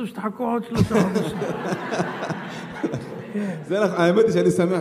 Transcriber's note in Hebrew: השואל והקהל צוחקים